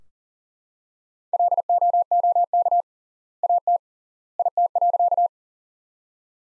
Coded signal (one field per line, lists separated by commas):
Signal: Morse code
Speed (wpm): 37 wpm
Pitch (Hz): 700 Hz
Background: none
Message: LOOK AT IT.